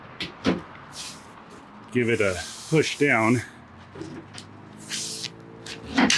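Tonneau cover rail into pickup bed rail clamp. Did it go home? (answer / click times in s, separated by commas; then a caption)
yes / 6.1 s. On a 1994 Toyota pickup, a tonneau cover rail/clamp piece is pressed down firmly onto the bed rail while someone talks, with a few faint knocks and creaks along the way. It feels like it will break but doesn't, and it snaps into place with a sharp click at 6.1 seconds, seating the rail.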